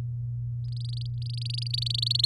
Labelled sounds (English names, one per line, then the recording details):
Domestic Canary song
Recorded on 10 May 2018 at 15:47
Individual llb16